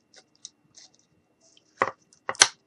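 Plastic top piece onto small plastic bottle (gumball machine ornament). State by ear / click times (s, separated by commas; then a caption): seated / 2.4 s. A plastic top piece is lined up on the small plastic bottle of a DIY gumball-machine ornament and pressed on, with faint light handling taps early on and firmer broadband plastic knocks near 1.8 s and 2.3 s. The cap clicks into place with a sharp snap at 2.4 s and is seated, to be hot-glued down afterward.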